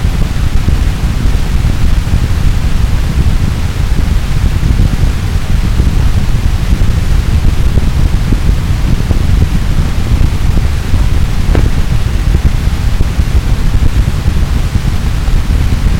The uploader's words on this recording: Recording of fire using Rare Wave's Lite2Sound QB. Light2Sound, as the name implies, converts light to sound. The result here is a prickly wall of noise (?) Fireplace Carrollton, OH Light2Sound -> Sound Devices MixPre 3.